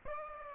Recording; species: mosquito wingbeat signal from an infrared sensor; Aedes aegypti